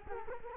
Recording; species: mosquito wingbeat signal from an infrared sensor; Culex quinquefasciatus